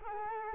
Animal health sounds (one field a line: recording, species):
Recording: mosquito wingbeat signal from an infrared sensor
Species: Culex quinquefasciatus